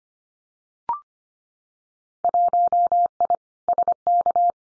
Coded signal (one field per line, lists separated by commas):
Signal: Morse code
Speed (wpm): 25 wpm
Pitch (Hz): 700 Hz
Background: none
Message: 1I SK